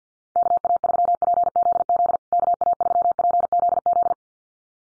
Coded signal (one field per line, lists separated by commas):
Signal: Morse code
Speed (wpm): 50 wpm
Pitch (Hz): 700 Hz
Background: none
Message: KA3PZZ KA3PZZ